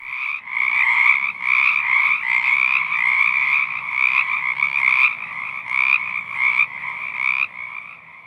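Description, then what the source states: Frogs calling in a dense chorus of many overlapping croaks, rising and falling in loudness. Willamette Valley; breed in ponds, slow streams and temporary wetlands, hide by day; calling stops immediately at nearby movement; a patch spontaneously cycles between silence and calling.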